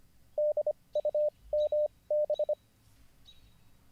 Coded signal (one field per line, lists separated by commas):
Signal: Morse code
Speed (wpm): 25 wpm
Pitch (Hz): 600 Hz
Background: radio noise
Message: DUMB